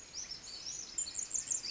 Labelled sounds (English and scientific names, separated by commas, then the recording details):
Pacific Wren (Troglodytes pacificus)
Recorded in Sonoma County, California